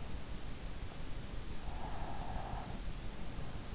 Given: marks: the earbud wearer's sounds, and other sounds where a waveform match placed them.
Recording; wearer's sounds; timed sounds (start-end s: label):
sounds in sleep by an in-ear microphone; breath
1.33-3.45 s: breath